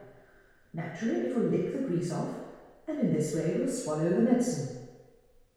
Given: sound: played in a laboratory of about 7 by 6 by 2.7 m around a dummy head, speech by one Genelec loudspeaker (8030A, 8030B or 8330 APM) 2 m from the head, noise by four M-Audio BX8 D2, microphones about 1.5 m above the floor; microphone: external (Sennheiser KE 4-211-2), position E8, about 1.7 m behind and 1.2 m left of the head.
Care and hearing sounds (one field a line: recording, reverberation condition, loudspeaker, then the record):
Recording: female speech in English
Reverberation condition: high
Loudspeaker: behind (180 degrees)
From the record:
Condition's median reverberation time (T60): about 1300 ms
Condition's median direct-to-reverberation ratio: about -4.0 dB